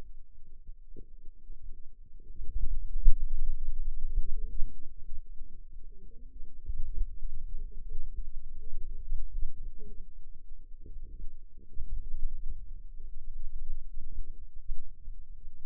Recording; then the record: forearm muscle sounds (acoustic myography)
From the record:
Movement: finger pinch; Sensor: system 2, bracelet of six BSWA MPA416 microphones around the upper forearm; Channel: 1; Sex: female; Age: 21 years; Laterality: right